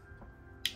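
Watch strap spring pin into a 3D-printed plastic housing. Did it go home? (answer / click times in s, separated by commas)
yes / 0.7 s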